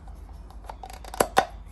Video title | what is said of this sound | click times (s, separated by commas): 🇬🇧Citroen DS3 Oil Change 1.6 Diesel, Oil Service, "How To DIY" | We're going to stick that in there and push it in until it clicks on | 1.2 s, 1.4 s